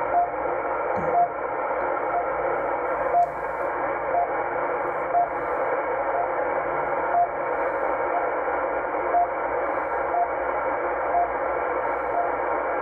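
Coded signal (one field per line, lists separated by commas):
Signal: radio time signal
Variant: RWM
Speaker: back to the end fed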